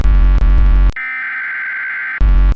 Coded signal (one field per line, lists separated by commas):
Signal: Emergency Alert System (SAME) tones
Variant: header bursts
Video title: EAS Scenario #7: Reactor Arkansas 1 Error